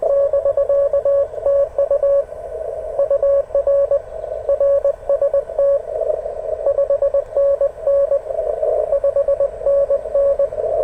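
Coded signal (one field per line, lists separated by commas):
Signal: Morse code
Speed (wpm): 20 wpm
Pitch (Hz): 560 Hz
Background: radio noise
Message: <BK>TU UR RST 5NN 5NN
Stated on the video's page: CW park activation with heavy noise, possibly from speaker or charge controller, and poor band conditions.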